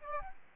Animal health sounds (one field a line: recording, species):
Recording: mosquito wingbeat signal from an infrared sensor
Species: Aedes albopictus